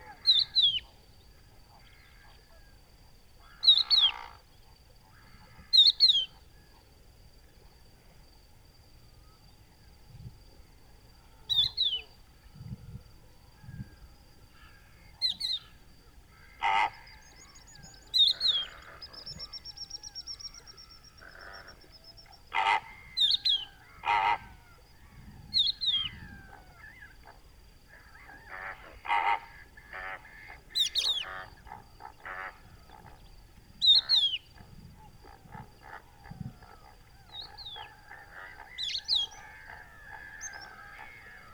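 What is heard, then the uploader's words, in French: Birds call across a Camargue salt marsh about an hour after sunrise. Sharp, bright downward cries repeat every few seconds, mixed with shorter chirps and a few harsher bursts, while a faint thin tone runs steadily through the quiet background. Etang du Vaccares - Camargue. Nagra seven - Telinga pro7. Une bonne heure après le lever du jour, un oiseau cri invisible camouflé dans la sansouire de Camargue. Il est facile à reconnaitre par son appel sifflet et plaintif. Il s'agit d'un adulte de Cochevis huppé (Galerida cristata) qui appel ses congénères.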